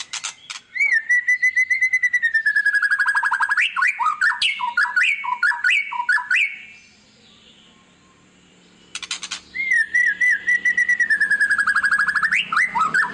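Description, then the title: White-rumped shama song: long steady whistle falling gradually, then rapid jumbled notes, a quiet pause, and the same whistled phrase repeated. Song played as a lure to draw a response from other birds; described as an actively singing ('gacor') bird. "PANCINGAN MEWAH MURAI BATU GACOR, SEKALI DENGAR AMPUH LANGSUNG RESPON"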